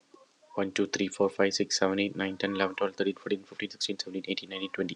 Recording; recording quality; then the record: counting at a fast pace; excellent, no background noise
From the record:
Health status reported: healthy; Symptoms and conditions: none ticked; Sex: male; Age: 38 years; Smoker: not ticked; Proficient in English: yes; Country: United States